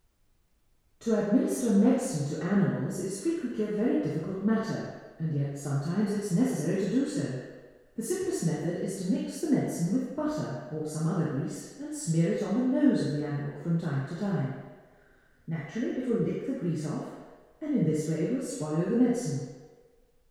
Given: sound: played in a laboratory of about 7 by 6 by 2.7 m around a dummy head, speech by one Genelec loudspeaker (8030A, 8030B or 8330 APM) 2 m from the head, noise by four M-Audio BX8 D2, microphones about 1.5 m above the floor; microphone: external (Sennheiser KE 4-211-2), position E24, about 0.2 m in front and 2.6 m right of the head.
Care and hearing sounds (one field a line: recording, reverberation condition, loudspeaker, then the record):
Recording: female speech in English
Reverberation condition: high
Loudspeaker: 90 degrees to the right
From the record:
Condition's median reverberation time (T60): about 1300 ms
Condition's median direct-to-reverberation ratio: about -4.0 dB